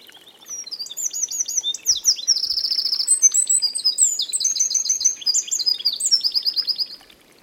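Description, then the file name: Eurasian wren song: a loud, rapid outpouring of high, sharp notes and fast rattling trills lasting about six seconds, then silence. "Troglodytes troglodytes"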